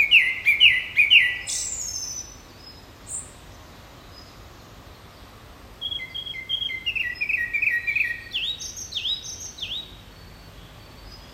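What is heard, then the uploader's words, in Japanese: Birdsong on a summer evening in the mountains. A bird sings a quick run of bright, chirping notes for the first two seconds, then a single high call. After a quiet pause, a second singer repeats short falling whistles over a soft outdoor hush. 家のバルコニーから聴こえる音です。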